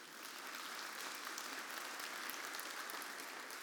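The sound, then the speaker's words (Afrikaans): A church audience at a morning service claps for the grandparents standing up, steadily for several seconds, a dense, even patter of many hands with sharp crackles scattered through it. No voices break through the applause. “Kom, ons geef hulle aan een klap.”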